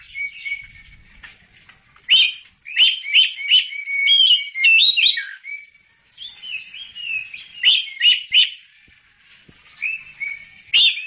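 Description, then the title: Oriental magpie-robin singing a varied run of clear, sweet whistles and quick chattery phrases, delivered in bursts separated by short pauses. Champion bird singing. "Kicau Burung Kacer Juara"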